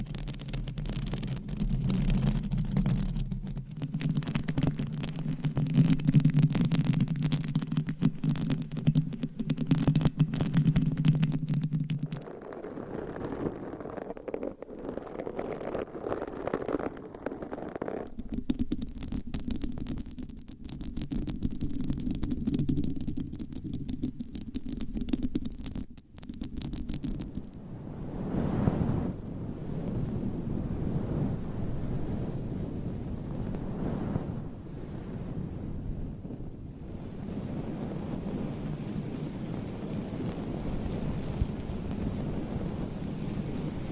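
Microphones being scratched with nails and covers: dense, rumbling crackle with a loud low-heavy first twelve seconds, then shifting softer textures and occasional swells.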